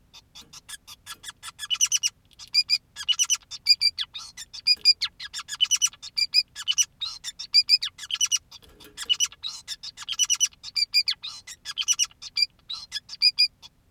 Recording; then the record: song of a male Bengalese finch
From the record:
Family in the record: son of father 2, and himself father 5